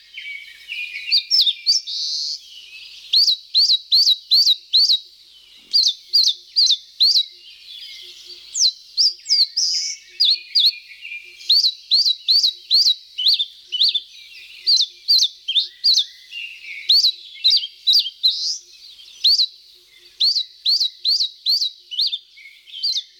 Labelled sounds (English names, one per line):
Eastern Crowned Warbler song